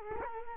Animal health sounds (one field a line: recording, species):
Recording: mosquito wingbeat signal from an infrared sensor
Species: Culex quinquefasciatus